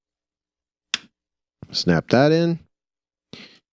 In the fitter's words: goes over here snap